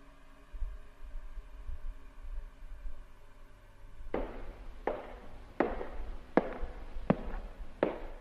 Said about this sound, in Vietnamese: Ở bên ngoài có tiếng ai đó đi guốc mộc, chậm rãi tiến lại gần.